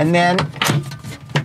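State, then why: Seated. Someone talks as a cover panel fitted into a small C-channel in a van is pushed home. A marine clasp on the panel locks it in place with one sharp click at 1.4 seconds.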